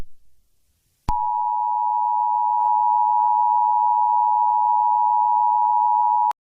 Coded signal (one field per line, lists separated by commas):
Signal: Emergency Alert System (SAME) tones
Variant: 853 and 960 Hz attention tone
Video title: EAS Scenario #3: Deadly Computer Virus